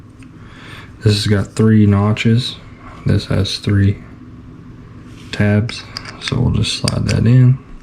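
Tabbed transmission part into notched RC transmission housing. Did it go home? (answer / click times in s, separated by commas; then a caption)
no / none. Someone talks while a transmission part with three tabs is lined up with three matching notches in an SCX10 PRO RC transmission housing, ready to be slid in. The part has not yet seated or clicked into place by the end of the clip.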